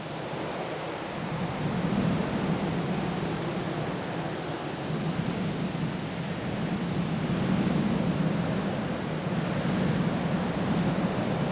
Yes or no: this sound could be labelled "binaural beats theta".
no